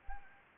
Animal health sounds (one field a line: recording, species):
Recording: mosquito wingbeat signal from an infrared sensor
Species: Anopheles arabiensis